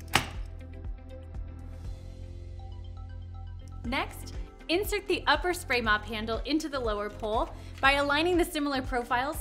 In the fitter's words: and guide the connector piece into the base until you hear a click.